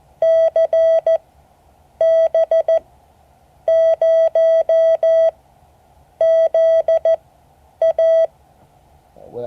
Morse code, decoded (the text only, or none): CB0ZA